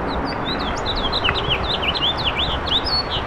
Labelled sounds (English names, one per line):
House Finch song